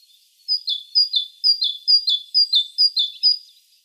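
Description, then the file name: Great tit repeating a sharp, ringing two-note phrase, high then lower, several times at an even quick pace before stopping. "Parus major"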